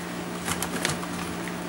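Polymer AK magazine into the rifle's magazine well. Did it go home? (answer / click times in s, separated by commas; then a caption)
no / none. An unmodified Tapco polymer aftermarket AK magazine is slid into the magazine well of an Egyptian Maadi AK-47 (AKM), with short plastic-on-metal scraping taps around 0.6 and 0.9 s over a steady low hum. The magazine is too tight and does not lock, so nothing has seated or clicked.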